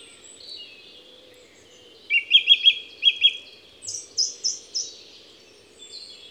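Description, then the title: Song thrush song with a run of several clear repeated notes, followed by a higher phrase of repeated notes, over a low steady hum. Song thrush recorded at Envirhôna, Les Avenières Veyrins-Thuellin, France, with a Dodotronic stereo parabolic microphone and a Zoom H4n Pro recorder. "Envirhôna, Les Avenières Veyrins-Thuellin, France - Grive musicienne"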